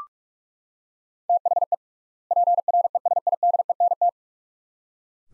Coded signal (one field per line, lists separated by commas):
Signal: Morse code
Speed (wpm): 42 wpm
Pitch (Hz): 700 Hz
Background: none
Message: THE PRESIDENT